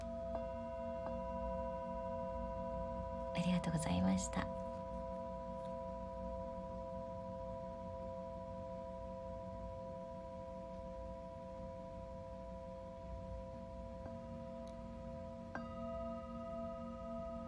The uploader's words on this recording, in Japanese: チベタンシンギングボウルの子守唄。日本の真夜中に合わせていつもよりそっとそっと叩きました。